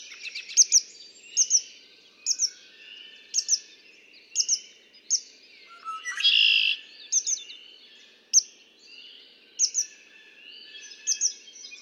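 Red-winged blackbird gives one loud rasping trill midway, set among many repeated high two-note chirps.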